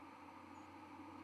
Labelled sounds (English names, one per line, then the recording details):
White-throated Sparrow flight call
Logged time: 08:42 on 31 October 2014